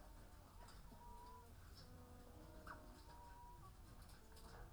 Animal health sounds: poultry house recording; sick chickens (respiratory disease)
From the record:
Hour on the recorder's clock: 15

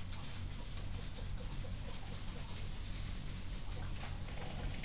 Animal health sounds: poultry house recording; healthy chickens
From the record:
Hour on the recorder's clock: 21

